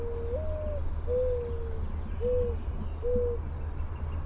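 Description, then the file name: Mourning Dove coo sequence: a rising and falling opening note, a drawn-out sliding coo, then two brief, even hoots about a second apart, over a low background rumble. "MODO coo"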